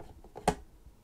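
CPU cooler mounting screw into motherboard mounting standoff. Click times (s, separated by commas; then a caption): 0.5 s. A screwdriver gives the first-side mounting screw of an Arctic Freezer 36 ARGB CPU cooler on an AMD AM4/AM5 Ryzen socket a couple of reverse turns against the motherboard mounting standoff, before tightening. Faint ticks at 0.0, 0.2 and 0.4 seconds lead to a sharp, bright click at 0.5 seconds. That click is the thread start dropping into place, and the screw is seated.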